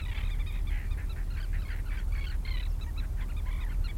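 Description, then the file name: Gulls giving repeated harsh, wavering cries in quick succession, over a constant low rumble. Near the sea. "Seagulls Near Sea"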